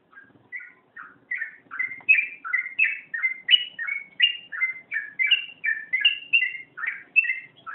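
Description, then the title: Magpie-robin singing a rapid chain of clear whistled notes and chirps, starting softly and growing louder. "Kicau Kacer"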